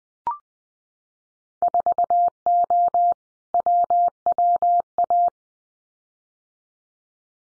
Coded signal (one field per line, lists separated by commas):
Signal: Morse code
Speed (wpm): 19 wpm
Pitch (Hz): 700 Hz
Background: none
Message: 4O WWA